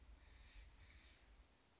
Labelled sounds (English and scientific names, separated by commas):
Steller's Jay (Cyanocitta stelleri)